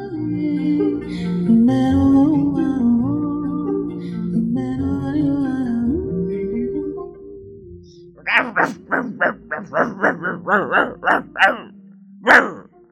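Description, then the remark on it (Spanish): A voice imitates a dog, first with a long, wavering growl-like vocalization, then a quick, rhythmic run of about a dozen sharp, loud barks. “Eso le dijo en idioma perro, que en idioma humano significa...”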